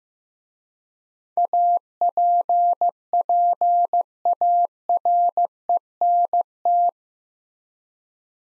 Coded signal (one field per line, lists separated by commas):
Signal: Morse code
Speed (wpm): 15 wpm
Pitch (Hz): 700 Hz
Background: none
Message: APPARENT